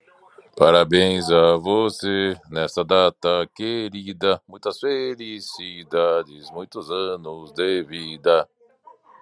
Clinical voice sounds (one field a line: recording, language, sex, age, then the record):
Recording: short text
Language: Brazilian Portuguese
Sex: male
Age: 30 to 39 years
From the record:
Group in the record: control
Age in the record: 38 years